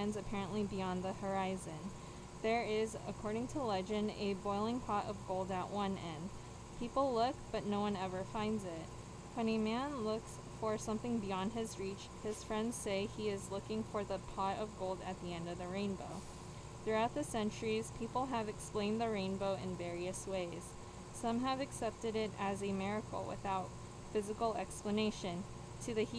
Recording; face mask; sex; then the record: reading aloud; surgical mask; female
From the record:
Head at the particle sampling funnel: tilted down, bridge of the nose in front of it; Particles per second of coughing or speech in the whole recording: 0.343